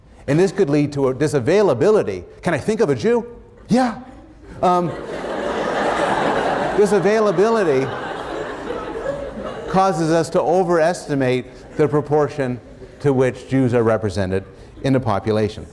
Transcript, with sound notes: And this could lead to — this availability — “Can I think of a Jew? Yeah.” [laughter] This availability causes us to overestimate the proportion to which Jews are represented in the population.